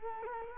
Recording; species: mosquito wingbeat signal from an infrared sensor; Culex quinquefasciatus